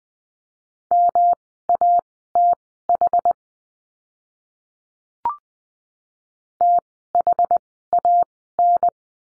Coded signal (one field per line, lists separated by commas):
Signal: Morse code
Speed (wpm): 20 wpm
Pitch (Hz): 700 Hz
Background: none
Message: MATH THAN